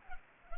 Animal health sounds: mosquito wingbeat signal from an infrared sensor; Culex pipiens

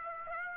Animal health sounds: mosquito wingbeat signal from an infrared sensor; Aedes aegypti

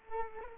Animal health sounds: mosquito wingbeat signal from an infrared sensor; Culex quinquefasciatus

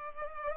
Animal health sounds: mosquito wingbeat signal from an infrared sensor; Culex pipiens

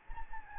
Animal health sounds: mosquito wingbeat signal from an infrared sensor; Anopheles gambiae

